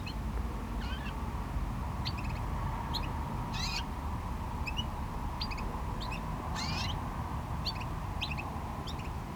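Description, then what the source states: Small bird giving short high chirps and rising chipping notes, spaced irregularly, over a steady low roar of waves and traffic. Small bird in a bush by the GC-200 road, Agaete, Las Palmas, Spain; distant cars and waves audible; recorded with DPA-2006c AB pair into a MixPre-3.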